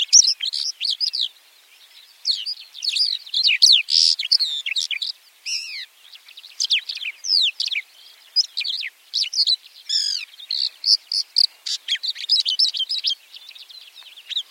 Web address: white winged lark call